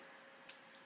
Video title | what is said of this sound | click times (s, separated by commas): Unbox - TFV8 Baby Beast Tank By Smok | heard that click, so once again, there you go, you fill it up in there | 0.5 s